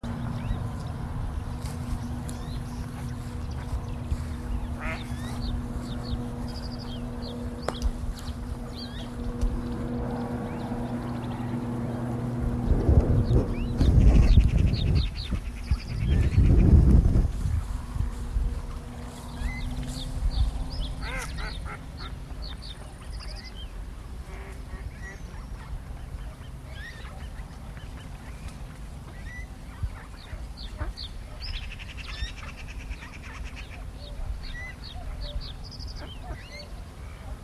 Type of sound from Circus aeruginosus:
call